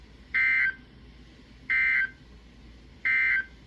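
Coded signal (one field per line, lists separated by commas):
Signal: Emergency Alert System (SAME) tones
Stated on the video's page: Real Severe Thunderstorm Warnings received from NOAA Weather Radio transmitters in Columbus and Akron, Ohio.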